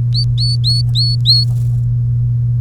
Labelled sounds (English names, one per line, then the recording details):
Domestic Canary song
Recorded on 3 May 2018 at 10:34
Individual llb3